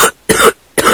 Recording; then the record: coughing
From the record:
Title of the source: 30 Chesty and wet cough